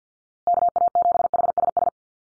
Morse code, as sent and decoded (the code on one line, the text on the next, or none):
-.- .- --... .... ... ...
KA7HSS